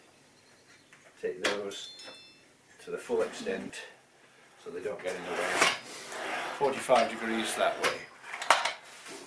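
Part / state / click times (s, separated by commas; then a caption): sliding mitre saw head bevel into centre detent / seated / 8.5 s. Someone talks while the head of an Evolution R255 SMS-DB+ sliding mitre saw is tilted at 45 degrees and then brought back upright from 45 degrees to the centre (0 degree) position. A sharp metallic hit at 8.5 s marks the metal bevel detent catching, and the saw head clicks into place at centre.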